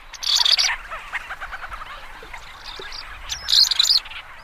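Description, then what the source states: Ancient Murrelet calls: two bursts of high, twittering chirps near the start and end, with softer scattered chatter in between. Seabird migrating east to west and back across the North Pacific; nests in colonies in old-growth forests, in burrows and rock crevices.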